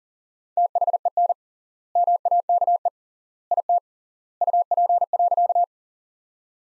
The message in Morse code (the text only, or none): THEN MAKE IT UP.